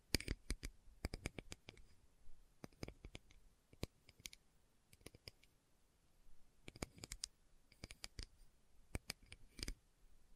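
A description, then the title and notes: Slow tapping comes in loose clusters of sharp, bright clicks, often two to four taps close together, then short pauses. The pace is unhurried and irregular, with quieter gaps around 3.5, 6 and 8.5 seconds, and a faint low hiss underneath. ASMR Slow Tapping for Deep Sleep (No Talking).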